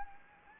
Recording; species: mosquito wingbeat signal from an infrared sensor; Anopheles gambiae